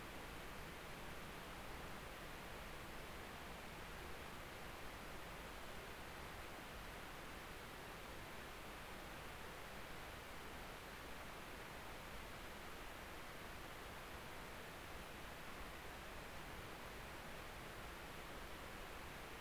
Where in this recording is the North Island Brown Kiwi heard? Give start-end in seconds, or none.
none